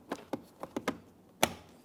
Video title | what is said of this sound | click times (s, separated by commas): How to Replace Interior Door Handle 2014-2018 Mazda 3 | We're listening for an audible click all the way around. | 0.9 s, 1.4 s